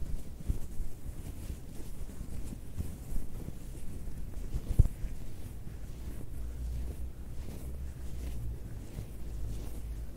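Fabric rubs and scratches in a steady, dense stream of soft rustling, heavy in low muffled rumble with a faint airy hiss above. The texture stays even throughout, broken by a brief sharper scrape a little before the five-second mark.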